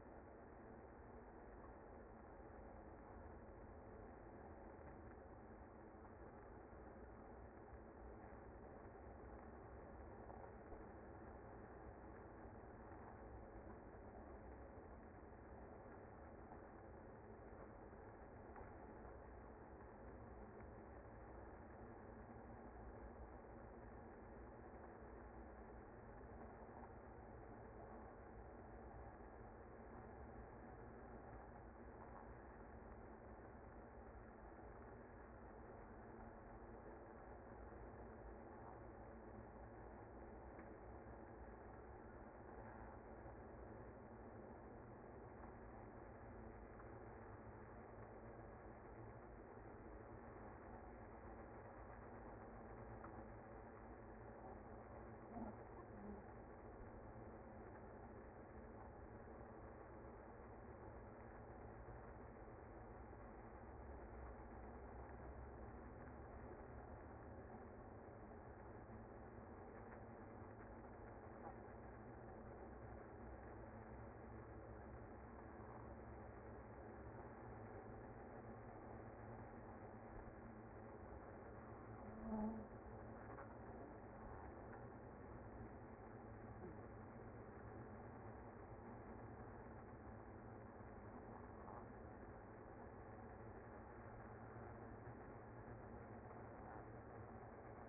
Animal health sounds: honeybee colony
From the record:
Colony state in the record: active

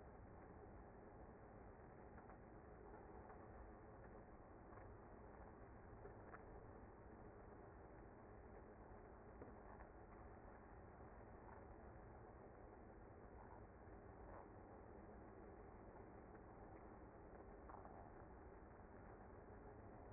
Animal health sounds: honeybee colony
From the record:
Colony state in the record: active

